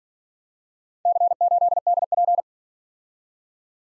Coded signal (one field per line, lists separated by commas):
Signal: Morse code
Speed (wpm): 46 wpm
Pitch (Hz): 700 Hz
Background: none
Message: C8DP